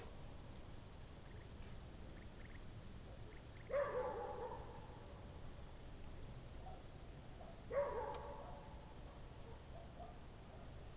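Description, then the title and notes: Crickets keep up a shrill, evenly pulsed trill, and a lower harmonic sound in the background appears twice, about four seconds apart. Night crickets outside a window, Goworów, Poland, late on the night of 18 July 2022, World Listening Day; recorded with Zoom F4 and AT BP4025. "Goworów, Poland - World Listening Day/Night 18/07/2022-night crickets. słuchałem świerszczy zza okna"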